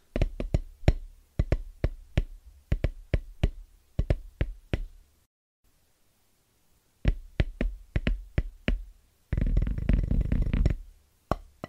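Fast, rhythmic tapping on drum pads comes in quick clusters of sharp hits, each with a low thump beneath a bright click. The taps run for about five seconds, stop briefly, then resume. Near the tenth second a dense, rumbling roll takes over before a few final hits.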